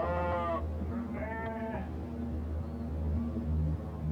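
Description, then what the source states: Sheep bleating: two harmonic, wavering bleats in the first two seconds, over a steady low hum. Sheep sounds used in a composition, Galerie Bernd Klüser, 1986.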